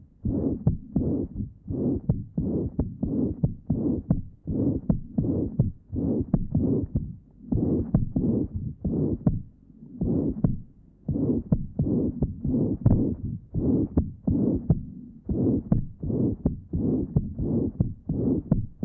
Patient has severe mitral insufficiency. Note the pan-systolic murmur at the mitral area and loud third sound. This recording is taken from the mitral area.